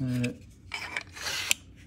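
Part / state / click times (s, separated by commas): pistol into IWB holster / seated / 1.5 s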